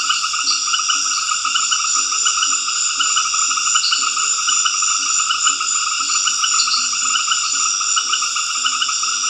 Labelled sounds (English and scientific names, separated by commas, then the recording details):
none
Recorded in dense forest near Puerto Asís, Putumayo, Colombia, on 9 March 2025 at 19:30
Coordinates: 0.481, -76.323
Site G088